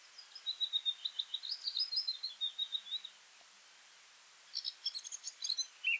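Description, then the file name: Eurasian blackcap song, faint over a steady hiss: a run of soft warbled notes, a pause, then a brief burst of higher twittering. "Sylvia atricapilla"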